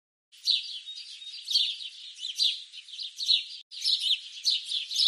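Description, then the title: Birds chattering: a dense, overlapping flock of high, squeaky chirps and twitters, continuous for about five seconds with one brief break. "pajaros"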